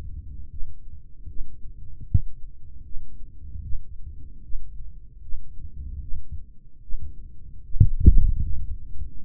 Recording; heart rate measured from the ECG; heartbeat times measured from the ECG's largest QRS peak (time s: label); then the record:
heart sounds by microphone in the right ear; 76 bpm
0.51 s: heartbeat
1.29 s: heartbeat
2.08 s: heartbeat
2.85 s: heartbeat
3.64 s: heartbeat
4.44 s: heartbeat
5.23 s: heartbeat
6.02 s: heartbeat
6.83 s: heartbeat
7.65 s: heartbeat
8.43 s: heartbeat
9.21 s: heartbeat
From the record:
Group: healthy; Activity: rest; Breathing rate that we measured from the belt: 21 breaths a minute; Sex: male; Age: 55 years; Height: 167 cm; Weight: 57.2 kg